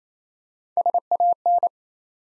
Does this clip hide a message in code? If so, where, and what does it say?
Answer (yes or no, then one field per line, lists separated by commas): yes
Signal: Morse code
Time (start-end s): 0.8-1.7 s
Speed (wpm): 27 wpm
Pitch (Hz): 700 Hz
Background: none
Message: SAN